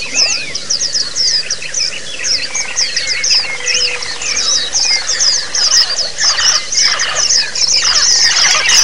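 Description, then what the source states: White-eyes in a dense chorus: many high, fast twittering and chirping notes overlapping continuously, with some lower slurred whistles beneath. Therapy sound of white-eyes singing in ombyokan style, used as a training (masteran) recording.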